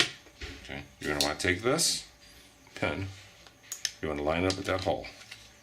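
Someone talks while lining up a steel pin with a hole in the frame of a Ruger 22/45 pistol, a pin meant to pop right in and fall freely with no force. A few faint, brief handling ticks come around 3.5–3.9 s between the speech. Nothing has seated or clicked yet.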